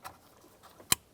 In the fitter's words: you hear it click in and then press that lock tab in